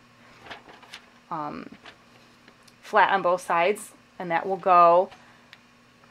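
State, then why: Seated. A die plate that is flat on both sides is pushed into the top portion of a craft button press while someone talks. A single sharp tick at 5.5 s marks the plate clicking into place, seated.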